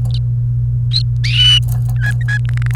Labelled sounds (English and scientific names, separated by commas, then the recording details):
Domestic Canary (Serinus canaria) song
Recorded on 28 April 2018 at 11:50
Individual llb3